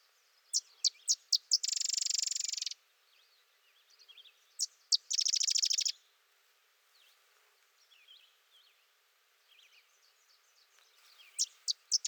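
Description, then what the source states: Sedge wren song, sharp staccato chips leading into a fast buzzy chatter, given twice, then more chips at the end, while other birds twitter softly in the pauses. Singing close by.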